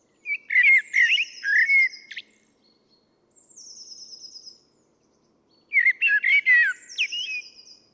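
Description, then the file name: Common blackbird singing two phrases of low rich warbles and scratchy twittering, separated by a quiet gap holding a thin, high, falling trill. "Turdus merula"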